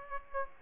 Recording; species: mosquito wingbeat signal from an infrared sensor; Aedes aegypti